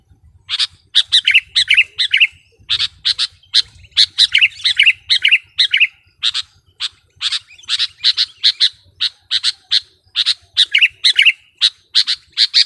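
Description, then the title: Sooty-headed bulbul song: steady stream of sharp chirps interspersed with short bubbling phrases, notes coming several per second throughout. "kutilang"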